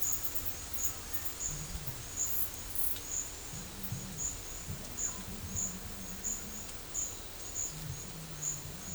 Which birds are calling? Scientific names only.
none